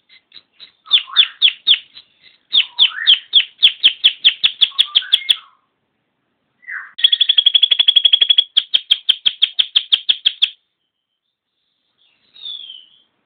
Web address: Bird Songs Canary